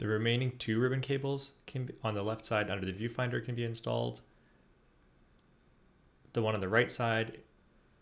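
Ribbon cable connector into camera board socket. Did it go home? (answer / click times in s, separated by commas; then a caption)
no / none. Someone talks during reassembly of a Lumix GX85 camera for a scroll wheel replacement, as the remaining two ribbon cables on the left side under the viewfinder are about to be installed and the right-side ribbon cable connector is handled over its board socket. This right-side connector has no locking lever and is meant to click into place. Speech runs to about 4.2 s, then a quiet pause until more talk from about 6.3 to 7.5 s; nothing has seated or clicked yet.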